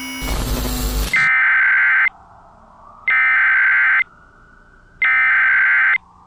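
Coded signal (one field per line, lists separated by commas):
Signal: Emergency Alert System (SAME) tones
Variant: header bursts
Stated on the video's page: Fictional EAS scenario, simulated alert about an anomaly-containment organization's collapse.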